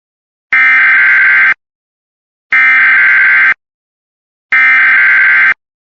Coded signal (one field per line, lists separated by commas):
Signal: Emergency Alert System (SAME) tones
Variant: header bursts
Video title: Extreme Calamity III: Bloody Tuesday! EAS Alerts from 7/21/2026 (EAS 651-678)